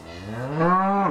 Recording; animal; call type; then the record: contact call of a hoofed animal; cattle; low-frequency (closed-mouth) or high-frequency (open-mouth) call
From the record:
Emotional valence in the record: negative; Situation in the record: full separation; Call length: 1.11 s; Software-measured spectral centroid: 1190 Hz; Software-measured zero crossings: 1760 a second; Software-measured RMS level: -23 dBFS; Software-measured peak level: -9 dBFS